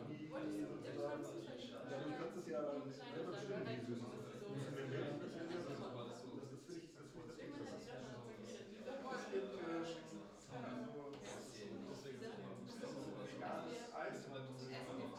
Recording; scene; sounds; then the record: everyday scene through a hearing-aid microphone; many people talking; many voices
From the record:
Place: bistro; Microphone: in the ear canal, left